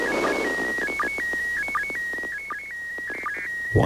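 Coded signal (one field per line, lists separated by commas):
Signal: SSTV (slow-scan television)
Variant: PD 180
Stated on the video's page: SSTV from the ISS.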